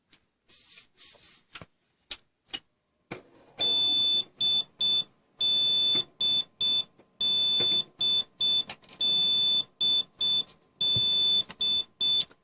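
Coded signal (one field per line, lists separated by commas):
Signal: beep code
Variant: ASUS motherboard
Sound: high electronic beeps repeating, some short and some longer, after brief clatter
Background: indoor handling noises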